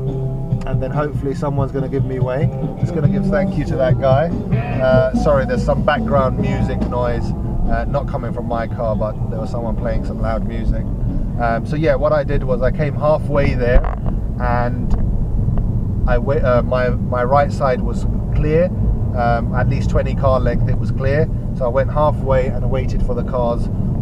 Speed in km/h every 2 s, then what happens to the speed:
5, 13, 16, 16, 23, 23, 26, 24, 27, 29, 29, 34.
0-8 speeds up to 23. 8-15 steady at about 23. 15-24 speeds up to 34.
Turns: none.